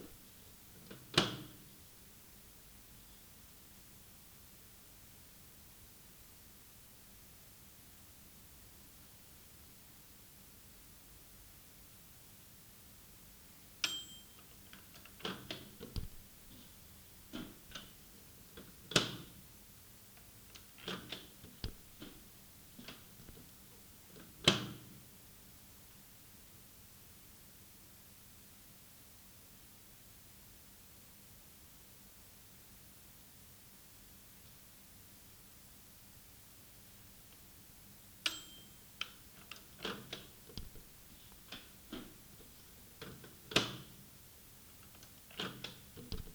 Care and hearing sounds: daily activity, guitar pickup as the sensor; use microwave

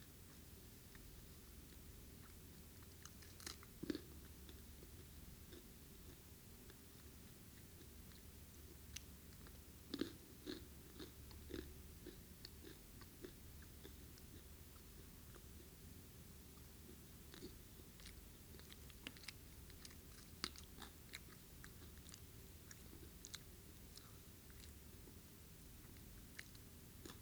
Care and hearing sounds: daily activity, guitar pickup as the sensor; eat

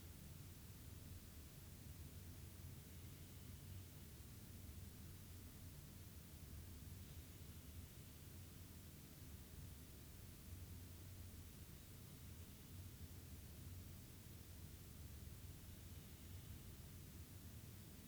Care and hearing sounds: daily activity, guitar pickup as the sensor; sit

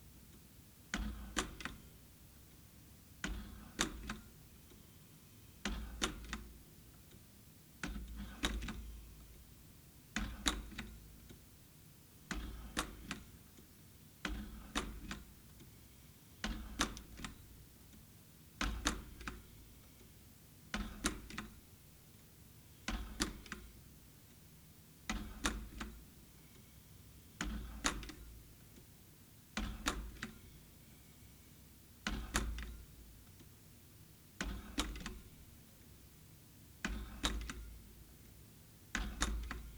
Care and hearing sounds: daily activity, guitar pickup as the sensor; manipulate door

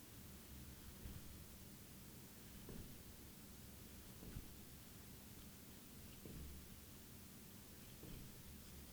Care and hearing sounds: daily activity, guitar pickup as the sensor; jump

